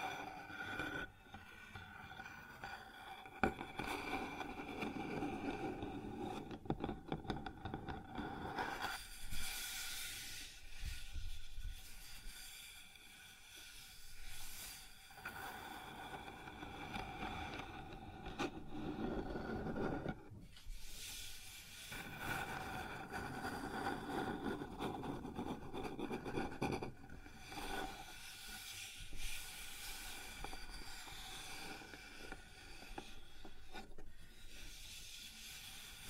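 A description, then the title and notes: Sounds on a wooden surface: a continuous rough, rumbling scraping that swells and eases, with brighter hissing surges near 9, 15, 20 and 29 seconds. A few steady whining tones hum underneath the whole time. Sounds on Wooden Surface.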